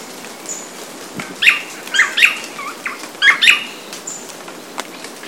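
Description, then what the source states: Swallow-tailed manakin display calls: a few short, buzzy, nasal notes in quick clusters, separated by brief pauses, with faint high whistles. During the dance display; recorded at PESM; 4-5-13.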